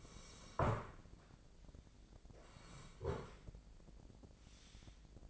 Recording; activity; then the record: daily activity, microphone in the room; sit down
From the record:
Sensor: 5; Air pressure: 1012.4 hPa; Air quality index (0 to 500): 152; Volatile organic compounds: 2 ppm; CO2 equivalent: 1042 ppm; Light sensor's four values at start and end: 274/657/280/309 and 274/656/280/308